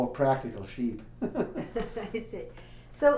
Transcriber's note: he laughs